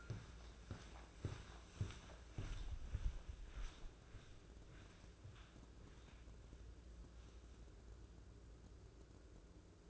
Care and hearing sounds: daily activity, microphone in the room; walk to room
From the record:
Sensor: 2

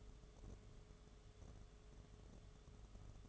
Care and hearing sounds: daily activity, microphone in the room; take from stove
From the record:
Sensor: 4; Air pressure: 1011.1 hPa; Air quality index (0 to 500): 142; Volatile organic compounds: 3 ppm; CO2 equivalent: 1456 ppm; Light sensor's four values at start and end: 195/509/215/224 and 189/492/208/217

